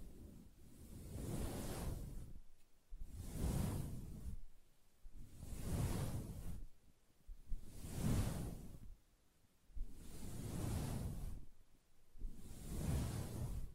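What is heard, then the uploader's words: Soft scratching on a fabric surface comes in long, swelling strokes, about one every two seconds, each with a dull low rub under an airy hiss. Short near-silent gaps separate the strokes, giving a steady, even rhythm throughout. Soft Fabric Surface Tapping & Scratching.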